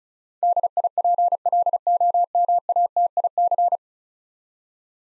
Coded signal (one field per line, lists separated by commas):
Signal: Morse code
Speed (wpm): 35 wpm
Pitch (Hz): 700 Hz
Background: none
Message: DIPLOMATIC